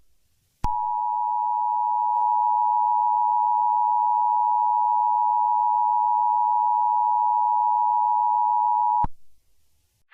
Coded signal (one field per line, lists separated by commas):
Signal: Emergency Alert System (SAME) tones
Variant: 853 and 960 Hz attention tone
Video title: EAS Mock - Destructive Criteria